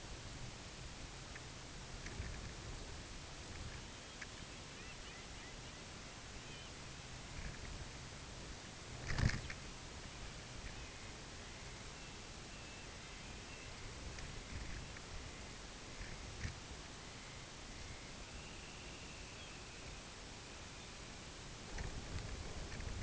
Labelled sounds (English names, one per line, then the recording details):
unidentified sound
Dunlin
Lapland Longspur
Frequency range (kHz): Lapland Longspur 2.8-4.3 kHz
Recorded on Arctic tundra, site UTQI-5, on 16 June 2019
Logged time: 12:00